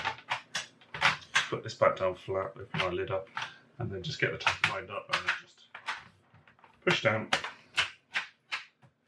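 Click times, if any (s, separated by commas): none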